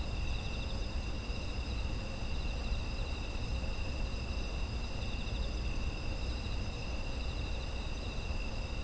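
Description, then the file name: Layered insect trilling, steady and high-pitched with some faint pulsing in the upper bands, over persistent low background rumble. Ambient sound of autumn insects. "秋の虫の環境音"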